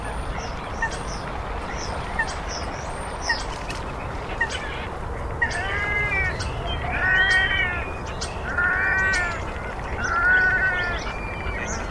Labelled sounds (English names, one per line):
Little Crake song